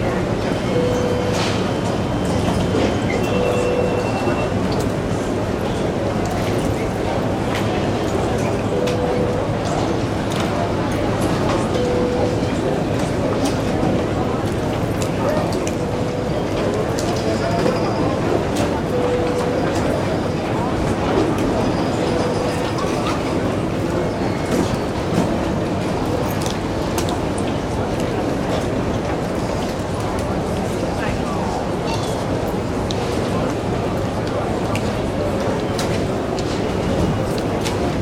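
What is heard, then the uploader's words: An airport terminal with a steady, dense wash of crowd murmur and overlapping voices throughout. Short tonal beeps or chimes repeat every few seconds during the first twenty seconds, and scattered clicks and clatters sit over a constant low rumble. AIRPORT TERMINAL. MyNoise Terminal.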